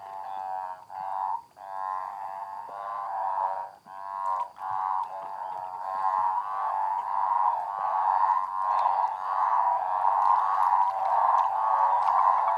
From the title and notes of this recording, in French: Orgie de batraciens, Cordoba (AR). La pluie du printemps réjouit les grenouilles et les crapaud du coin. Enregistré près de San Javier, région de Cordoba en Argentine.